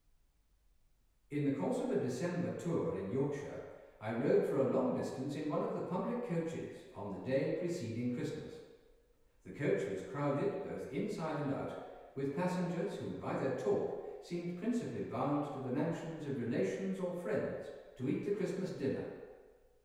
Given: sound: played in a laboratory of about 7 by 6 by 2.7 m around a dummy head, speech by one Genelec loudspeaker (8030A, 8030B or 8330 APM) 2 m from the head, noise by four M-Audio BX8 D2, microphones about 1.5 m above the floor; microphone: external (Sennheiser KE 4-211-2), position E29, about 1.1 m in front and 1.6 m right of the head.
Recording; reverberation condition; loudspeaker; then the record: male speech in English; high; 150 degrees to the left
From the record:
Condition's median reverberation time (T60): about 1300 ms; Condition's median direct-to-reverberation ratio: about -4.0 dB